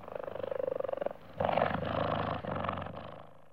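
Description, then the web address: Cheetah growling: a rapid throbbing pulsed rumble for about a second, a short pause, then harsher rasping growls. Cheetahs recorded close up in Africa, growling and breathing. "Africa- The Natural World. Cheetahs- close up, growling and breathing"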